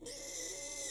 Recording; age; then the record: pig call; weaner (32 to 43 days)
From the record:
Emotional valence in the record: negative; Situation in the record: restrain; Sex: male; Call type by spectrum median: high-frequency call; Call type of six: high-frequency stable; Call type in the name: high-frequency stable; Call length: 0.90 s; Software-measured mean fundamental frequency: 194 Hz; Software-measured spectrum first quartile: 1296 Hz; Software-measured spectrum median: 4984 Hz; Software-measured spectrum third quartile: 6717 Hz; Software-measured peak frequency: 6177 Hz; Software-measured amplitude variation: 79 dB a second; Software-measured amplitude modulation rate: 28.2 a second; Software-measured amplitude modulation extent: 2.8 dB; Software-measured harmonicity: 1.9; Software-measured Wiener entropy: -1.98